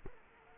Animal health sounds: mosquito wingbeat signal from an infrared sensor; Culex quinquefasciatus

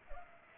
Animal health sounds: mosquito wingbeat signal from an infrared sensor; Culex pipiens

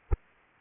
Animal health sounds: mosquito wingbeat signal from an infrared sensor; Anopheles arabiensis

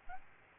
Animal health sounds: mosquito wingbeat signal from an infrared sensor; Aedes albopictus

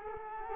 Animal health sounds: mosquito wingbeat signal from an infrared sensor; Culex quinquefasciatus

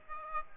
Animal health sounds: mosquito wingbeat signal from an infrared sensor; Aedes aegypti

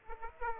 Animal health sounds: mosquito wingbeat signal from an infrared sensor; Aedes aegypti

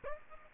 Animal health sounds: mosquito wingbeat signal from an infrared sensor; Aedes aegypti

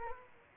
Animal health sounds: mosquito wingbeat signal from an infrared sensor; Culex quinquefasciatus

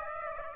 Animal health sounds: mosquito wingbeat signal from an infrared sensor; Aedes aegypti

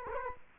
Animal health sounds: mosquito wingbeat signal from an infrared sensor; Culex quinquefasciatus

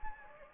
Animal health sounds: mosquito wingbeat signal from an infrared sensor; Anopheles gambiae

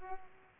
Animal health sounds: mosquito wingbeat signal from an infrared sensor; Culex pipiens

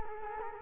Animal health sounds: mosquito wingbeat signal from an infrared sensor; Culex quinquefasciatus

